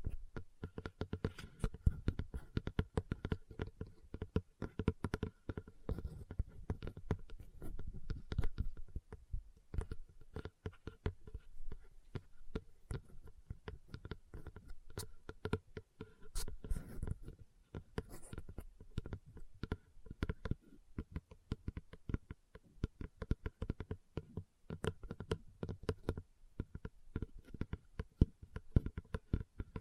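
Leather is tapped and scratched in a dense, irregular stream of small clicks and rubs that runs for the full half minute without pause. The sounds are mostly soft and low, with a few brighter scratches and sharper taps scattered throughout.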